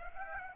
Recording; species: mosquito wingbeat signal from an infrared sensor; Aedes aegypti